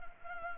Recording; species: mosquito wingbeat signal from an infrared sensor; Anopheles gambiae